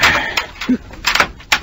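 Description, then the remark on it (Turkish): A house door swings shut with a dull thud, followed by several sharp, bright clicks and rattles as the lock is turned, all over a steady background hiss, while it rains outside. “İyi ama kapıyı neden kilitledin ki”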